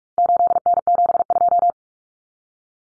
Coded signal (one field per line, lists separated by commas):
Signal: Morse code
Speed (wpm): 44 wpm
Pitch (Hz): 700 Hz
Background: none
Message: 8N72